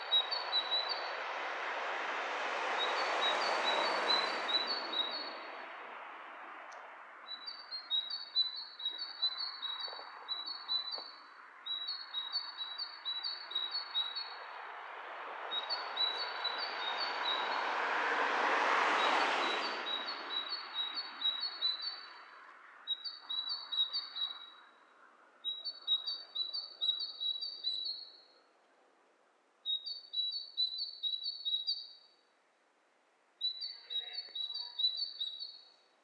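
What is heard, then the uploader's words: Two birds trade quick, high, bright chirps in short repeated bursts, calling back and forth almost continuously for the whole stretch. Behind them a vehicle swells past twice, a rushing roar peaking around four and nineteen seconds, before the background thins out. Lo-fi recording of two birds interacting.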